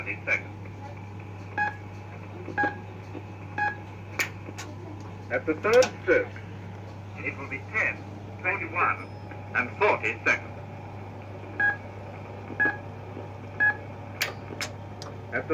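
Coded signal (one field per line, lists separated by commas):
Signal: speaking clock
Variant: mechanical speaking clock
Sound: recorded voice announcing time in short phrases, with occasional brief tones over a steady hum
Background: mains hum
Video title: Mechanical speaking clock demonstration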